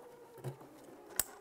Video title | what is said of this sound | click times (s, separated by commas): How to Replace Tail Light 2009-2019 Ford Flex | listen for a click give that a tug to make sure it's completely secure | 1.2 s